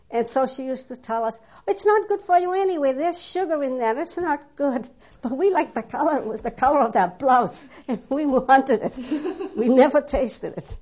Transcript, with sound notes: and so she used to tell us, "Its not good for you anyway, there's sugar in that, its not good." But we liked the color, it was the color of that blouse, (she laughs) we wanted it, we never tasted it.